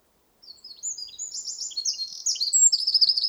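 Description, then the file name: Eurasian wren song starting after a brief pause, a quick cascade of thin, high notes building into loud rattling trills that continue to the end. "Troglodytes troglodytes"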